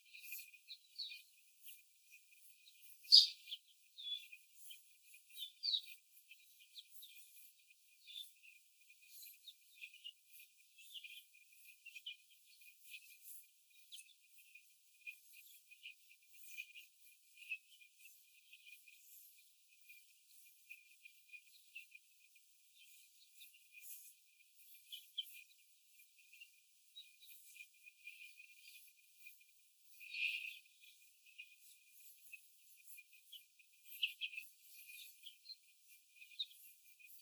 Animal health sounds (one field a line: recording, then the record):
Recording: young laying hens in a cage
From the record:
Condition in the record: after the stressor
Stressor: simulated dog barking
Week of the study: 4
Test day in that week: 1